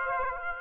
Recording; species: mosquito wingbeat signal from an infrared sensor; Aedes aegypti